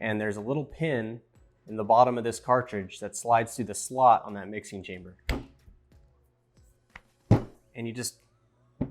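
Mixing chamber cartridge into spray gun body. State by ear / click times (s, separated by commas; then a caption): seated / 8.8 s. Someone talks while the metal cartridge of a Graco Fusion PC (ProConnect) plural-component spray gun is slid over its fixtures, with the pin on its bottom guided through the slot in the mixing chamber. The cartridge is then pushed into the gun body until it snaps home with a short, sharp click at 8.8 s, seating it in the mixing chamber.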